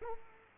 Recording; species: mosquito wingbeat signal from an infrared sensor; Culex quinquefasciatus